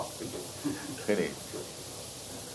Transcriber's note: laughter